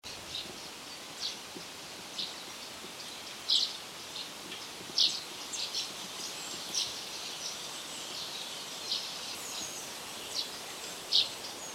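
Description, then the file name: Common chaffinch giving short, sharp high call notes at irregular intervals over a steady hiss of background noise. "Fringilla coelebs"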